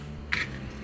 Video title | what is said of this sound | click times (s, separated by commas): McLaren key not found? Won't start? Keyfob battery dead? Watch this! | Push it down, you'll hear it click in. | 0.3 s